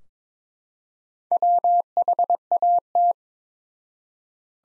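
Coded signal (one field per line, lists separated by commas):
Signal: Morse code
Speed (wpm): 22 wpm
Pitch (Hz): 700 Hz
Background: none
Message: WHAT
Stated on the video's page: Morse practice sentences from the top 100 words at 22 wpm with 4x word spacing, a word-based take on the Farnsworth method.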